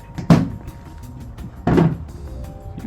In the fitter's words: You can kind of feel it click into place.